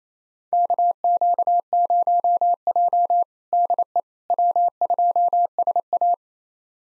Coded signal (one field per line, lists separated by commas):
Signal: Morse code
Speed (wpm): 28 wpm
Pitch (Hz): 700 Hz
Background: none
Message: KQ0J DE W2SA